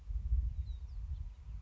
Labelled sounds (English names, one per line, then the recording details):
House Finch
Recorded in Sonoma County, California